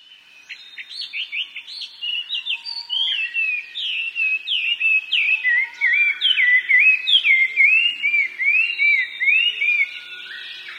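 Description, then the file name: Chinese hwamei singing a long, loud series of varied whistled notes, many repeated in quick succession with rising and falling slurs, building in volume. "gabicho"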